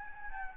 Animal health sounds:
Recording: mosquito wingbeat signal from an infrared sensor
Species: Anopheles gambiae

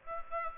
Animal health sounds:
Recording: mosquito wingbeat signal from an infrared sensor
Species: Aedes aegypti

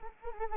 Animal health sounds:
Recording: mosquito wingbeat signal from an infrared sensor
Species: Anopheles arabiensis

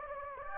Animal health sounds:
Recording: mosquito wingbeat signal from an infrared sensor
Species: Anopheles gambiae

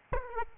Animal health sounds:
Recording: mosquito wingbeat signal from an infrared sensor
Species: Aedes albopictus

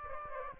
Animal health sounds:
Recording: mosquito wingbeat signal from an infrared sensor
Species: Aedes aegypti

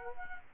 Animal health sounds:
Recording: mosquito wingbeat signal from an infrared sensor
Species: Culex quinquefasciatus

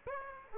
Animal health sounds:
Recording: mosquito wingbeat signal from an infrared sensor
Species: Aedes aegypti

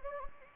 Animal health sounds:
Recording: mosquito wingbeat signal from an infrared sensor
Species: Anopheles gambiae

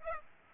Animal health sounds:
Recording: mosquito wingbeat signal from an infrared sensor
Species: Aedes aegypti

